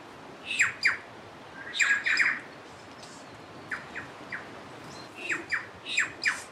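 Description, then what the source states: Bird giving paired falling chirps and a short buzzy burst, quieter spaced notes later, light background hiss throughout. Birds nicknamed Star Wars birds, recorded along the Turangi River loop, New Zealand.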